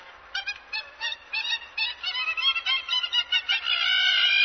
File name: Hamerkop